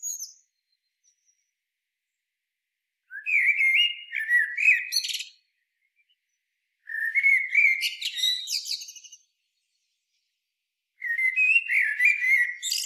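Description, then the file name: Eurasian blackbird song in three rich, warbling phrases with high squeaky chatter, separated by short pauses. "Turdus merula"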